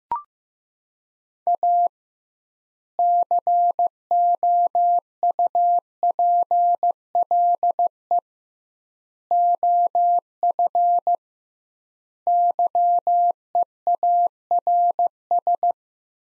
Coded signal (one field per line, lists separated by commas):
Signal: Morse code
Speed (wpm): 15 wpm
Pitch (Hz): 700 Hz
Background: none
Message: A COUPLE OF YEARS